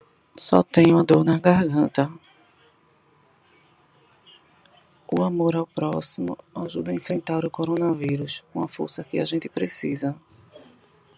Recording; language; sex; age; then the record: spoken sentence; Brazilian Portuguese; female; 40 to 49 years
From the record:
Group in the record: control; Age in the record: 42 years